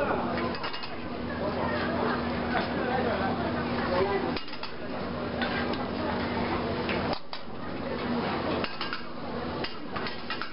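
A chef prepares soup at a busy outdoor market stall, with metal pots, ladles and utensils clinking and scraping in frequent bursts. A steady low hum from the stove runs underneath, and voices chatter throughout. Brief breaks in the clatter come around four and seven seconds.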